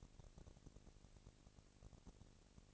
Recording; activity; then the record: daily activity, microphone in the room; no activity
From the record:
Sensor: 4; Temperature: 22.3 degrees Celsius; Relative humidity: 31.9%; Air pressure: 998.0 hPa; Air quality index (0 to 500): 203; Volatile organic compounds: 17 ppm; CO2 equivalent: 2570 ppm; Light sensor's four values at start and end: 2/3/1/1 and 2/3/1/1